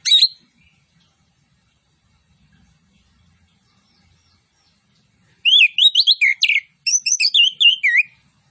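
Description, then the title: Orange-headed thrush song, one short note, long silence, then a fast rhythmic burst of rising whistles and sharp chirps. Vigorous singing with full fill-in phrases and 'tembakan cililin' style shots. "Anis Kembang Gacor. MASTERAN ANIS KEMBANG ISIAN FULL DENGAN TEMBAKAN CILILIN"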